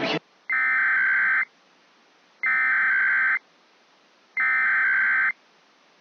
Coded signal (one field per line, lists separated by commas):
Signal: Emergency Alert System (SAME) tones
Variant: header bursts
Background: speech